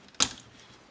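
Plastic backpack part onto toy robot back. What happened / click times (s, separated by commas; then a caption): The plastic piece clipped into place / 0.2 s. A plastic backpack piece is slid along the rear slots of a Transformers robot toy and clipped up onto its back, seating with one sharp, bright plastic click at 0.2 s. Faint small ticks come just before it, and another soft tick comes at the very end.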